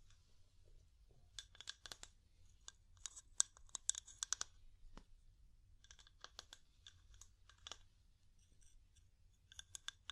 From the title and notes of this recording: ASMR Calming Wood Tapping (No Talking).